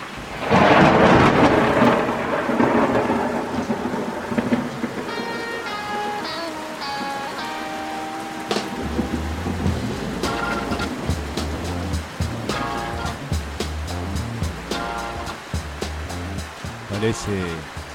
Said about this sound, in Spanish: Parece que se vino la lluvia, ¿eh? Se vino nomás. Se vino.